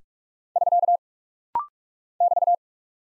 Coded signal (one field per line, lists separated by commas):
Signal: Morse code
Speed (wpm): 44 wpm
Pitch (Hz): 700 Hz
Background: none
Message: <SK> <BT>